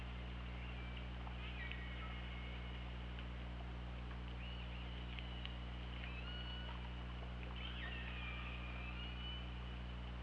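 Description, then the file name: Orca calls, several separate bouts of flat and bending tones with overtones, over an unbroken low hum. Recorded on an OrcaLab hydrophone, 24 August 2017 at 21:12:22. "Orca Lab UTLN JASON 20170824 211222"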